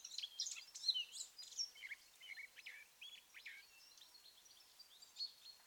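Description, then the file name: Eurasian blackcap giving a fast, scratchy warble of varied high chirps and twitters for about four seconds, then fainter scattered notes, with a soft background hiss. "Sylvia atricapilla"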